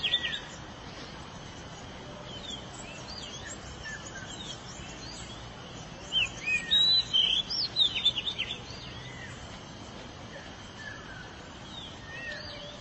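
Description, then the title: Oriental magpie-robin song, one short burst of sharp whistled and chattering notes about halfway through, otherwise only a steady background hiss. "Suara Kicauan Burung Kacer"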